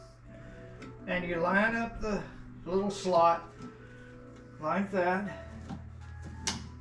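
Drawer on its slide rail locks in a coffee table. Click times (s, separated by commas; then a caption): 6.5 s. A drawer is lined up by its slot on the slide rails of a coffee table and pushed in until the small plastic slide locks snap. Someone talks over a faint musical background, then a short, sharp snap is heard at 6.5 seconds as the drawer slide lock seats.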